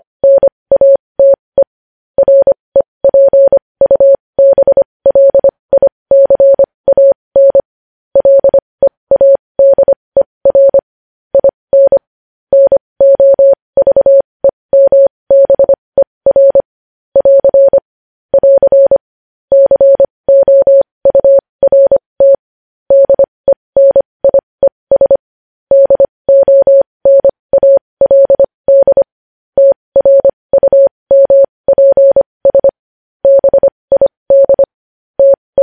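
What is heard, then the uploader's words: Morse code tapped out as a single steady mid-pitched tone, switching on and off in short dots and longer dashes. The keying runs continuously for the whole stretch with brief gaps between letters and words, clean with no background sound. Morse code.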